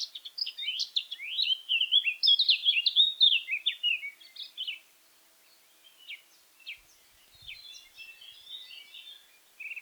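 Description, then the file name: Eurasian blackcap song: a fast, jumbled warble of high chirping notes for about five seconds, then fainter, scratchier twitters after a short pause. "Sylvia atricapilla"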